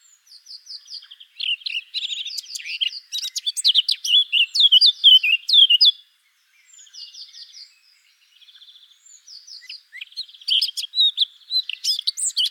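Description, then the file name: Eurasian blackcap giving two loud warbling phrases of fluty and scratchy notes separated by a quiet pause with soft twittering. "Sylvia atricapilla"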